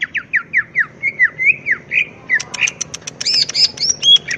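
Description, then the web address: Leafbird song with rapid slurred whistles, then a jumble of higher chirps, sharp clicks and twittering notes. Masteran training recording for cage birds; energetic, ngentrok song style. "cucakijo gacor ngentrok. masteran cucak-ijo"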